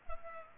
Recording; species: mosquito wingbeat signal from an infrared sensor; Culex pipiens